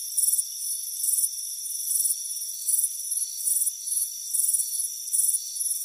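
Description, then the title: Cricket: short, bright chirps repeating regularly, set against a continuous high-pitched hum. Crickets chirping on a warm afternoon by a front porch. "Soothing Crickets Chirping Sound"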